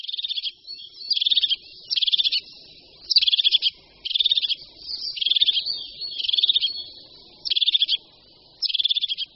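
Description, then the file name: Crested tit giving rapid, rattling high trills in steady bursts roughly every second, each phrase a quick buzzy purr. "Sýkora-parukářka"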